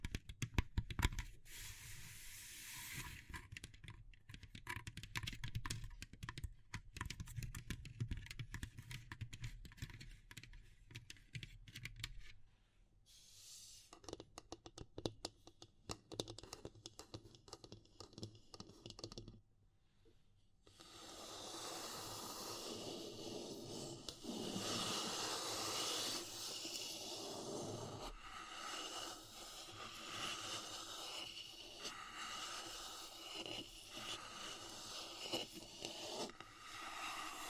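Wood, bamboo and straw being handled, with dense rapid clicking and tapping for the first twenty seconds, thinning into sparse taps around the middle. After a brief near-silence near twenty seconds, a steadier, brighter rustling and scratching takes over and continues to the end.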